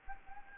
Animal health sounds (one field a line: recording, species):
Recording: mosquito wingbeat signal from an infrared sensor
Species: Anopheles gambiae